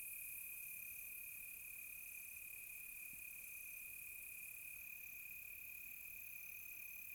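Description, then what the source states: Cricket chorus giving a continuous high-pitched trill that holds level throughout, with soft higher shimmering tones over a quiet night background. Crickets recorded close on a quiet tropical night.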